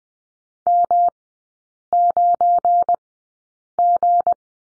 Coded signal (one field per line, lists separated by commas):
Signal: Morse code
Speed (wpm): 20 wpm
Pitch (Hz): 700 Hz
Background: none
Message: M9G